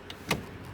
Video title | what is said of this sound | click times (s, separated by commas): 2020 Toyota Tundra 4x4 CrewMax SR5 5.7L - Toyota Northwest Edmonton - 0TU9026 | and they click into place allowing for more storage in the back here | 0.1 s, 0.3 s